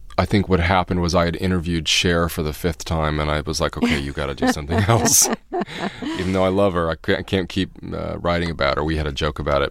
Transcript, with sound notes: I think what happened was I had interviewed Cher for the fifth time and I was like okay, you got to do something else. (Soundbite of laughter) Even though I love her, I can't keep writing about her. We had joke about it.